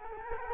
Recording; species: mosquito wingbeat signal from an infrared sensor; Culex quinquefasciatus